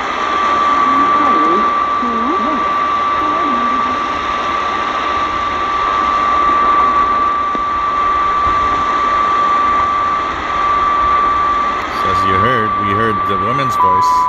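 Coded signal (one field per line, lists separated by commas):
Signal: radio time signal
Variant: WWVH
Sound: continuous steady tone in shortwave hiss, with a faint announcer voice near the end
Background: radio static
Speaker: wwvh as you heard we heard the woman's voice but we didn't even hear the man's voice for wwv colorado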